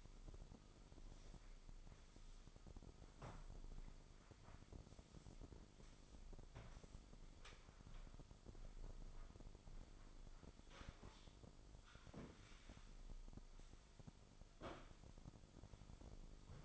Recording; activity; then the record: daily activity, microphone in the room; sweep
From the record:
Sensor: 5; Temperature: 24.6 degrees Celsius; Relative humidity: 32.2%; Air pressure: 996.1 hPa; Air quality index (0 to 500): 100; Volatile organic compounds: 6 ppm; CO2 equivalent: 1921 ppm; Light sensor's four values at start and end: 45/109/45/48 and 45/109/45/48